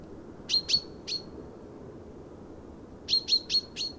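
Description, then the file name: Common chaffinch calling with short, bright, clipped notes: three spaced calls, a gap of about two seconds, then four more in quick succession, with faint low rumble behind. "Fringilla coelebs"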